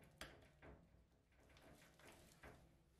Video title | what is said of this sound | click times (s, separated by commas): How to Clean & Unclog Your Bathroom Drain (DIY) | place the drain cover back on and turn clockwise with your screwdrivers at opposite sides until you hear it click back into place now | 0.2 s